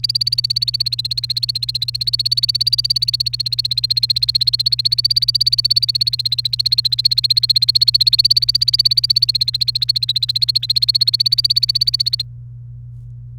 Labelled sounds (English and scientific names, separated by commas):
Domestic Canary (Serinus canaria) song